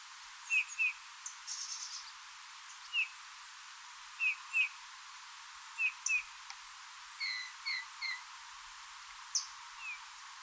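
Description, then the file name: Eurasian bullfinch uttering soft piping whistles, often in pairs, with a few higher, fainter chirps from other birds in the background. "Pyrrhula pyrrhula"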